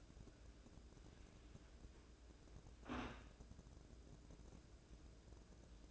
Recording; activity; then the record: daily activity, microphone in the room; wipe stove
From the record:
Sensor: 2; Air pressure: 1012.2 hPa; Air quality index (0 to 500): 162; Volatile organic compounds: 2 ppm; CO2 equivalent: 1177 ppm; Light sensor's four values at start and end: 401/1055/403/434 and 402/1058/403/435